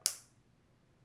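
A plastic attachment guard is pushed onto a hair clipper again, giving one sharp, bright snap at 0.1 s that fades within about a third of a second into quiet. The snap shows the guard has seated securely, since a guard that goes on without it is likely to fall off during cutting.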